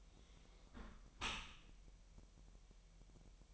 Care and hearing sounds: daily activity, microphone in the room; close dishwasher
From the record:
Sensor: 1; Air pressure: 1000.6 hPa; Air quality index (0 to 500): 247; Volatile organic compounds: 143 ppm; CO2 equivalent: 3989 ppm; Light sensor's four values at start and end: 11/28/11/12 and 11/28/11/12

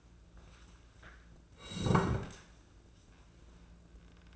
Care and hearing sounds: daily activity, microphone in the room; sit down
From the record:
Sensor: 2

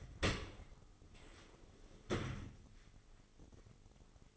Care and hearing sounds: daily activity, microphone in the room; open dishwasher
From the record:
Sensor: 4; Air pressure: 996.6 hPa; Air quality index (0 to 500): 88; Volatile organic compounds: 4 ppm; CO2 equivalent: 1704 ppm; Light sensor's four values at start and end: 20/54/21/23 and 20/54/21/23

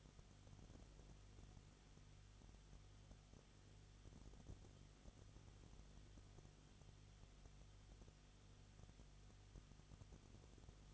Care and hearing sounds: daily activity, microphone in the room; no activity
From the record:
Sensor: 4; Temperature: 22.7 degrees Celsius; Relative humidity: 31.7%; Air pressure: 995.4 hPa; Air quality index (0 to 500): 159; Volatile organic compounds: 2 ppm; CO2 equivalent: 1259 ppm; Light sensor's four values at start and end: 2/3/1/1 and 2/3/1/1

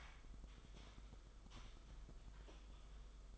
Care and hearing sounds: daily activity, microphone in the room; typing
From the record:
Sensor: 5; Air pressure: 991.1 hPa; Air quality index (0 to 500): 131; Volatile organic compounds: 70 ppm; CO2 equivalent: 3520 ppm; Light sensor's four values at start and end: 38/120/46/49 and 38/120/46/49

